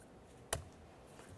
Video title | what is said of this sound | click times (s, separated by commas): How to Replace Window Regulator 2001-2005 Ford Explorer Sport Trac | for a click i always give things a tug yep that | 0.5 s